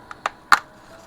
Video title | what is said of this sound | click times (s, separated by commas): Playmates STAR TREK GENERATIONS Electronic USS Enterprise NCC-1701-B (1994) | and you can hear a little click | 0.5 s